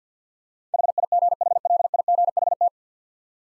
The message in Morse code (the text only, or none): HIGHLIGHT